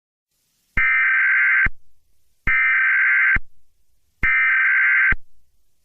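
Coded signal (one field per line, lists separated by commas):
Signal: Emergency Alert System (SAME) tones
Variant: header bursts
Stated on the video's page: Fictional EAS scenario.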